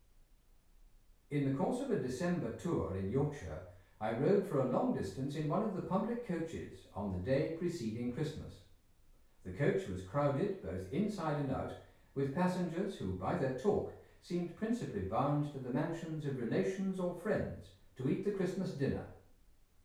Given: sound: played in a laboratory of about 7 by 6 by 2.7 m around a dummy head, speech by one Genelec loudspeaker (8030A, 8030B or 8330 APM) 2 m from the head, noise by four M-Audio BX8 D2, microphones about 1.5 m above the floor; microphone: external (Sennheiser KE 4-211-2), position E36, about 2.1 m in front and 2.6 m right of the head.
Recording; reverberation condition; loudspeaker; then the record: male speech in English; medium; 120 degrees to the right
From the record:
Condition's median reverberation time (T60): about 510 ms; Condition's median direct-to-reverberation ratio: about -0.5 dB